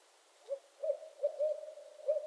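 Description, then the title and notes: Barred owl giving a short run of hoots, with one longer sustained note in the middle. Barred owls calling during mating season in northern Michigan; several owls. "Barred Owl Mating Season in Northern Michigan. Nature is my Jam"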